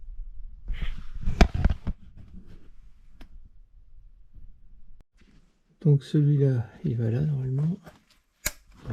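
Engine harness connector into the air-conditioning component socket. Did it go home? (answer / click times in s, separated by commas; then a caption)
yes / 8.5 s. A plastic engine wiring-harness connector, the air-conditioning one, is pushed with the fingertips into the air-conditioning component socket. It is hard to fit because it must go right to the bottom, to the click. Early handling clatters and someone talks, then a sharp click at 8.5 s shows the connector has seated.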